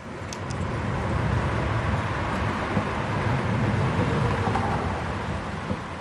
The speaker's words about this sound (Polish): Pędzące auta, tłumy i wszechogarniający zgiełk.